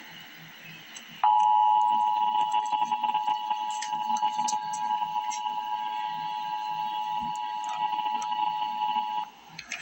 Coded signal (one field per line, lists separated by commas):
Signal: Emergency Alert System (SAME) tones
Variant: 853 and 960 Hz attention tone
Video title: Emergency Alert System - Special Weather Statement - Feb 2, 2025 at 6:47 AM EST